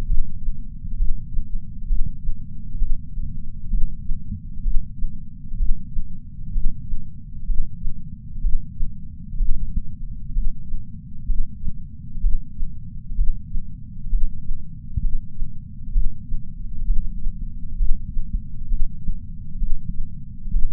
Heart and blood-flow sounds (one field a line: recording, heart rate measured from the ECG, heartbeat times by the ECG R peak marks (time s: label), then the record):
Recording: heart sounds by patch sensor on the chest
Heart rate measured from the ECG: 65 bpm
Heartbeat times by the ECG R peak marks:
0.05 s: heartbeat
0.96 s: heartbeat
1.86 s: heartbeat
2.77 s: heartbeat
3.68 s: heartbeat
4.62 s: heartbeat
5.56 s: heartbeat
6.51 s: heartbeat
7.45 s: heartbeat
8.40 s: heartbeat
9.36 s: heartbeat
10.32 s: heartbeat
11.25 s: heartbeat
12.20 s: heartbeat
13.14 s: heartbeat
14.08 s: heartbeat
15.00 s: heartbeat
15.91 s: heartbeat
16.84 s: heartbeat
17.76 s: heartbeat
18.67 s: heartbeat
19.57 s: heartbeat
20.50 s: heartbeat
From the record:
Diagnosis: coronary artery disease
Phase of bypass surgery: preoperative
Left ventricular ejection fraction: 64.4%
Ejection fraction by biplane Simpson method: 54.2%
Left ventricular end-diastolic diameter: 51 mm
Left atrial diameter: 34 mm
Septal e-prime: 9.9 cm/s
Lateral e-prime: 12.4 cm/s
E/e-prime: 7.7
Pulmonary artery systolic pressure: 20 mmHg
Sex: male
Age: 66 years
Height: 176 cm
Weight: 74.5 kg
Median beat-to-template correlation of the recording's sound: 0.93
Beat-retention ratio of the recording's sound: 0.99